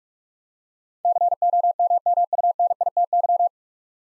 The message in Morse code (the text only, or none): COMMUNITY